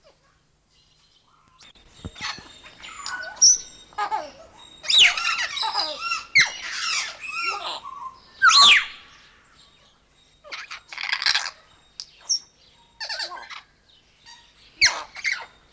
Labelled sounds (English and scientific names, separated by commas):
Grey Parrot (Psittacus erithacus)